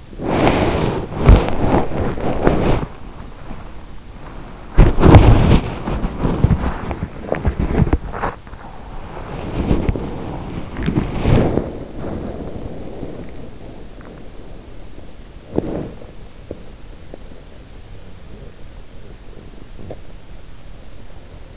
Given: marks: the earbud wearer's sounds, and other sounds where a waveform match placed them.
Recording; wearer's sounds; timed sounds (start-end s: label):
sounds in sleep by an in-ear microphone; body movement, swallowing
0.00-21.57 s: body movement
10.55-11.26 s: swallowing